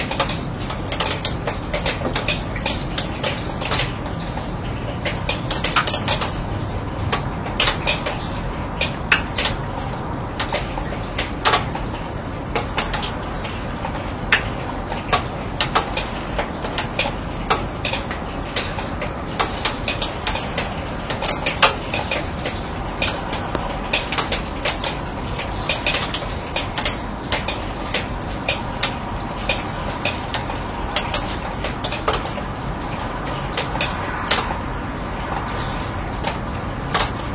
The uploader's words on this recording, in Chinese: 乡村晨雨【一小时纯音】- 在迷雾中被雨水唤醒的清晨、倾听远方鸟鸣。雨水滴落在钢铁顶棚。